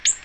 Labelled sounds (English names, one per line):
Ovenbird flight call